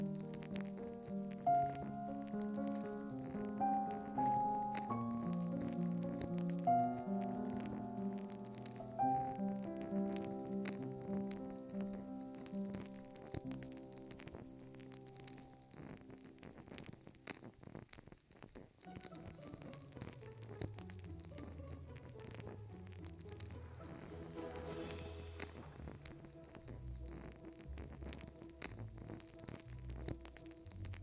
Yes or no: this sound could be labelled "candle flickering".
yes